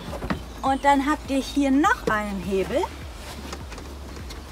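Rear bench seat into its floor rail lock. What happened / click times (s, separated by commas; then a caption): The rear bench latched into its forward position / 0.3 s. The rear bench seat of a Ford Nugget (Plus) camper van is pulled forward on its rails as far as it goes and latches into its floor rail lock, with a sharp click at 0.3 s. Someone then talks, and a couple of fainter knocks follow near the end.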